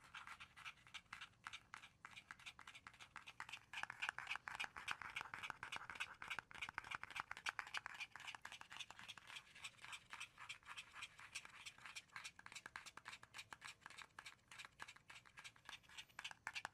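Rapid tapping and scratching on wood, cork and cardboard, a dense run of crisp clicks with no talking throughout. From about four to eight seconds a brighter, rougher scraping rises under the taps, then eases back to steady, quick tapping.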